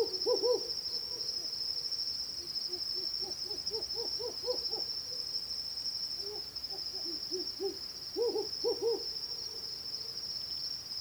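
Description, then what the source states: Hume's owl giving low pulsed hoot series, short bursts and longer rapid runs, over a constant high insect trill. Pulsed hooting and compound hooting given during a territorial confrontation between two males.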